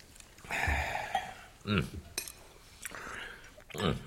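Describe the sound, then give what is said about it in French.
Cutlery clinks and scrapes against plates in scattered bursts as a group of men eat a meal of hare terrine, cold venison, salad and cheese, with brief murmured voices rising between the clatter. “Eh bien, à nos couverts. Mon cher, nous vous tiendrons tête avec plaisir. Messieurs, bon appétit.”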